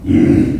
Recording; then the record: squeal of a Yucatan mini pig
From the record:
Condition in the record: after surgery on the right vocal fold (resection and tissue-engineered implant); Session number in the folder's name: 1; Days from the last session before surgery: 13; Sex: female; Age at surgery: 19 weeks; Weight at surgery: 25 kg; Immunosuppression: prednisolone